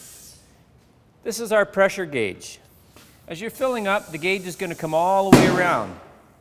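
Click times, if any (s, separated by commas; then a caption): none. A tire on a tire mounting machine is being inflated with an air hose so its rubber bead will pop onto the wheel rim, while someone talks throughout. Near 5.3 s there is a brief broadband burst of sound. The bead has not popped or seated onto the rim yet.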